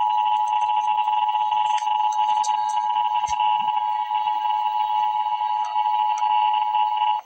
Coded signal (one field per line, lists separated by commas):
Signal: Emergency Alert System (SAME) tones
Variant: 853 and 960 Hz attention tone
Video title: Emergency Alert System - Special Weather Statement - Apr 2, 2025 at 10:48 AM EDT